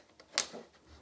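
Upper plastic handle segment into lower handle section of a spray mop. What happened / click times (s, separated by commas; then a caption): The handle section snapped into place / 0.4 s. The upper plastic handle segment of a JASHEN spray mop, lined up by its square and hole, is pushed onto the lower handle section already fitted. A faint tick at 0.2 s is followed by a sharp, bright click at 0.4 s and a short low thump as it settles. The segment is seated, and the click matters because the handle is not secure without it.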